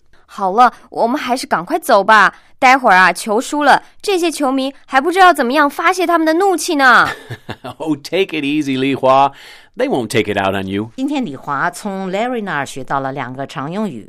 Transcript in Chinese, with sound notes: 好了，我们还是赶快走吧。待会儿球输了，这些球迷还不知要怎么发泄他们的怒气呢！
(Chuckles) Oh, take it easy, Li Hua. They won't take it out on you.
今天李华从 Larry 那儿学到两个常用语。